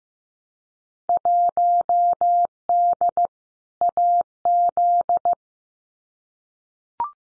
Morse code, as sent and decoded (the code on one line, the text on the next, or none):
.---- -.. / .- --..
1D AZ